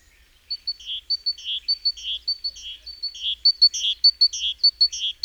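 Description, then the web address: Great tit calling in a lively, even rhythm: high ticking notes paired and followed by a rough buzz, the cycle repeating several times. "SETE Parus major"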